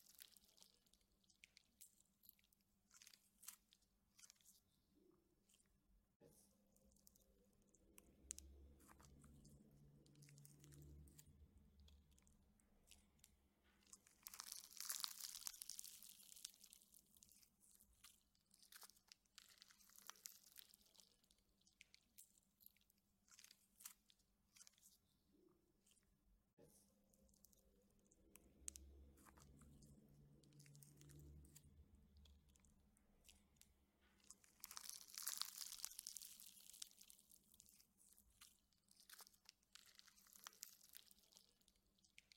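Slime is worked, with wet clicks and small pops as it's stretched and folded, low squelching pushes, and bright crackly bursts around 15 and 35 seconds. The pattern repeats about every twenty seconds over a faint steady hum.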